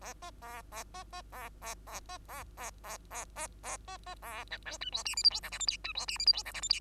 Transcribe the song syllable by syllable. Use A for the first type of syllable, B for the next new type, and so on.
A B A A B B A A A B A A A A A B B A C D E F G H I J K L M N E F G H I J K L M N